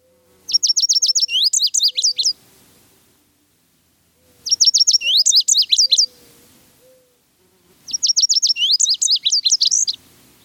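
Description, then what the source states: Lazuli Bunting sweet, high notes in rapid bursts of about two seconds each. Three bursts are heard, separated by pauses. Replayed as a mystery sound; sweet call can be mistaken for yellow warbler; seen in summer in the ponderosa pine zone of Eastern Washington; winters in Mexico.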